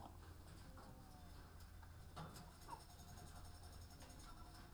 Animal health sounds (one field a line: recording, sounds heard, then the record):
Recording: poultry house recording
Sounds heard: sick chickens (respiratory disease)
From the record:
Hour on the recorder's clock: 15